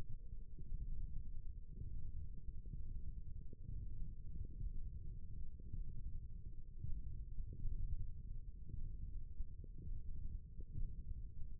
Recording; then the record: forearm muscle sounds (acoustic myography)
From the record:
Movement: finger pinch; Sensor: system 1, eight BSWA MPA416 microphones around the upper forearm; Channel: 1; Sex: male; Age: 23 years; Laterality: right